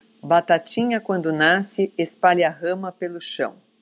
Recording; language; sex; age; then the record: short text; Brazilian Portuguese; female; 50 to 59 years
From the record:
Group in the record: control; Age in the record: 52 years